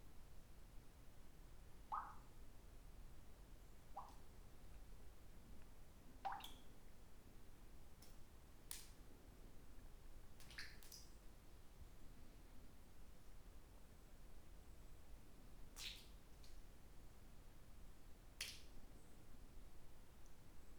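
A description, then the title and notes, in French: Inside an underground cave, scattered water drips and soft plops fall every few seconds over a steady low hush. Un essai de descente dans une grotte souterraine. En binaural (à écouter au casque).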